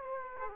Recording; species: mosquito wingbeat signal from an infrared sensor; Aedes aegypti